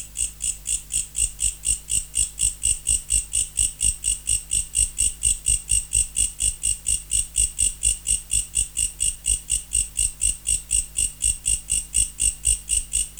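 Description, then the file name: Mecopoda katydid song, a steady rhythmic series of shrill buzzy pulses across the whole stretch, backed by a quiet constant hum. Recorded in November. "Mecopoda sp Nov"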